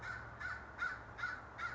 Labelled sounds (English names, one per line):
American Crow